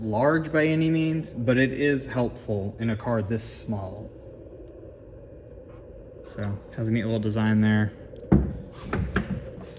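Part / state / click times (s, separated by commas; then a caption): front trunk lid into its body latch / seated / 9.2 s. The front trunk lid of a 2022 Tesla Model 3, an electric car, is closed into its body latch while someone talks over low background noise. A few sharp impacts follow, and the lid latches shut with its loudest click at 9.2 s, seating with no problem.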